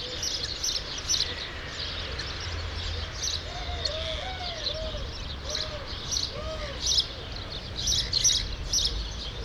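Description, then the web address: True sparrows chirping, short sharp chirps repeated in loose bursts, with soft arched whistled notes below and a low background rumble. "True sparrows. صدای-پرنده-راستین"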